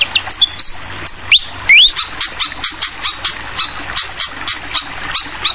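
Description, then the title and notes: Fantail giving bright upslurred and level whistles, then a steady series of sharp chips, over a continuous hiss of flowing water. Masteran for tutoring songbirds: clear calls mixed with trickling water sounds; bird also called Sikatan Londo. "Masteran Sikatan Kipas Suara Jernih Dan Suara Gemericik Air. Suara Burung Sikatan Londo"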